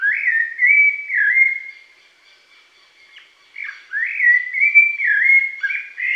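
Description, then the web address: Rufous-bellied thrush giving slurred, flute-like whistled phrases, a pause of about two seconds, then more phrases in the same style. Pantanal, Brazil. "sescpantanal. Sabia laranjeira"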